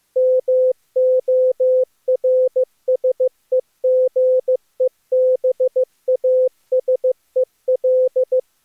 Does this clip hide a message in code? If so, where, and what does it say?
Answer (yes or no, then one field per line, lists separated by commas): yes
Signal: Morse code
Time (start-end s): 0.2-8.4 s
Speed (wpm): 16 wpm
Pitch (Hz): 500 Hz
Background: none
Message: MORSEGEBA SEL